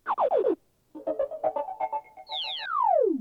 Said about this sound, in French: C'est bien le bruit d'une pendule. Il ne s'agit pas d'un oiseau, ainsi, mais la troisième bonne réponse. Coucou.